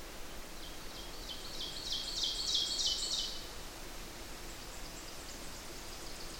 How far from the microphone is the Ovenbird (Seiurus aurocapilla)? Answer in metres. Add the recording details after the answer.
about 25 m. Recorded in boreal forest in Alberta, Canada, on 8 June 2016 at 06:11. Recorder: SongMeter 3, array SBT-3-9. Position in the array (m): 89 m, 89 m. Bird 34